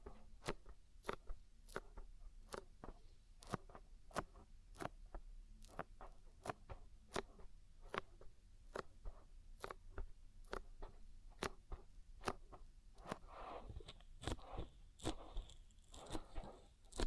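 An oil ear massage: sharp crackling pops and clicks keep coming at a fairly even pace, about two per second, over a soft rubbing hiss. Around thirteen to sixteen seconds, wetter squelching and rustling thickens between the pops before easing off.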